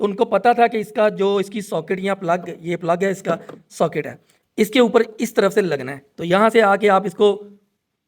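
A man talks throughout as the wire's plug is brought toward its socket on top of the lithium battery of a 2025 Metro M6 Lithium electric scooter. The plug has not been pressed home, and nothing has seated or clicked yet.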